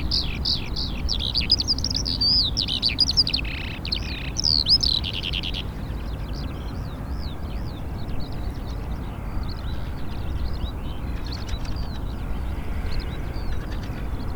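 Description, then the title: Eurasian skylark song, a fast continuous stream of high chirping and trilled notes, loud at first then fading to softer twittering, over a steady low rumble. Singing over traffic in Taastrup, Denmark; the bird sings louder while cars pass; recorded on a Sony PCM-D100 with internal microphones. "Ole Rømers Vej, 2630 Taastrup, Denmark - Eurasian skylark"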